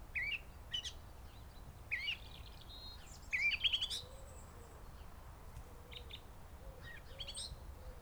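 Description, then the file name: Eurasian blackcap song: short fluty, warbling phrases with rising slurred whistles in a few separate bursts, while soft low hooting notes from another bird run underneath. "Sylvia atricapilla"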